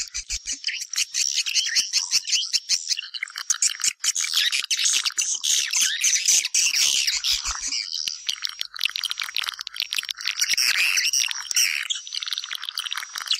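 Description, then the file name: Swiftlets calling in a crowded chorus of high, scratchy chirps and trills. Lure sound used to attract swiftlets for nest farming. "Am thanh du yen"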